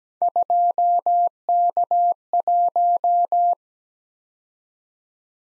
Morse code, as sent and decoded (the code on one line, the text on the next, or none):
..--- -.- .----
2K1